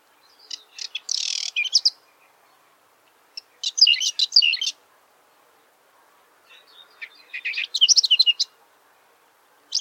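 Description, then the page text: Whinchat singing short, high, scratchy phrases of rapid chattering and whistled notes, three bursts separated by pauses of under two seconds, with a fourth starting at the end. Russia. "Звуки Лугового Чекана (Saxicola rubetra)"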